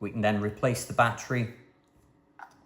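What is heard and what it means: Someone talks while a rechargeable battery is handled at the battery compartment of a compact digital camera, followed by a brief faint handling sound at about 2.4 s. The battery has not seated or clicked into place yet.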